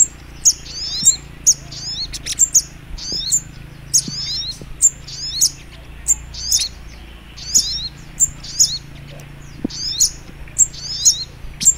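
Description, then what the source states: Little Spiderhunter: rapid, shrill chirping phrases with sliding downward trills, repeated continuously, a low hum beneath. Training (masteran) song in the Labaik style.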